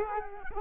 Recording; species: mosquito wingbeat signal from an infrared sensor; Culex quinquefasciatus